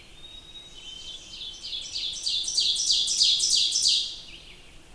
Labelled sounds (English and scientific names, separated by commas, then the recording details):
Ovenbird (Seiurus aurocapilla) song
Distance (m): 15 m
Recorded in boreal forest in Alberta, Canada, on 20 June 2016 at 05:55
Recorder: SongMeter 3, array SBT-6-81
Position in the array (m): 152 m, 259 m
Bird 25